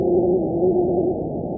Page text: Bombus rubicundus – Kantoborgy. Bombardero del Pasochoa. sobre los 3200 msnm, existe un ejercito de rubios bombarderos, su sinfonía adormecedora